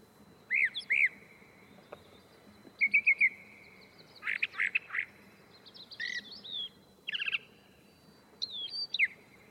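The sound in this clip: Catbird song, a halting series of varied phrases with mewing slurs, quick chattering notes and squeaky whistles, each separated by short gaps.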